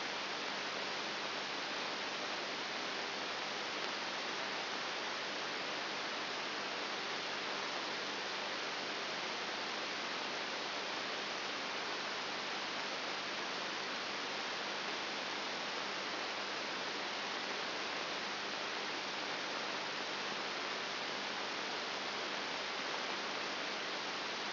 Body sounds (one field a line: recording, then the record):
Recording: brain microelectrode recording played as sound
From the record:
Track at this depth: outside the subthalamic nucleus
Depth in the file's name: 0.504 mm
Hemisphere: right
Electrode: 3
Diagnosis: Parkinson's disease